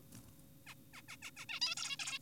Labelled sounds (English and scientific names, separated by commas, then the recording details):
Zebra Finch (Taeniopygia guttata)
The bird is an adult
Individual g4p5U